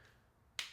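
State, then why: Seated. The S Pen corner of a Caudabe Paragon TPU/polymer protective case is pressed onto a Samsung Galaxy S25 Ultra smartphone and snaps over the phone's edge. A single sharp, bright click lands at 0.6 s over quiet background, then fades quickly. The corner seats solidly.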